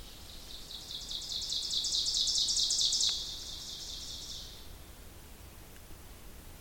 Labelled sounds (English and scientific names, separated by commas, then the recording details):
Ovenbird (Seiurus aurocapilla) song
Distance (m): 25 m
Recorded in boreal forest in Alberta, Canada, on 2 June 2016 at 07:37
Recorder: SongMeter 3, array SBT-3-7
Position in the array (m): 208 m, 86 m
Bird 6